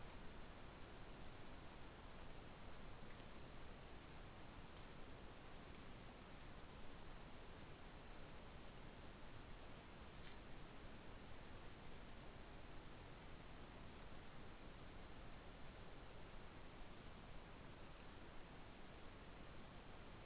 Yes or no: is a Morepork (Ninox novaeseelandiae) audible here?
no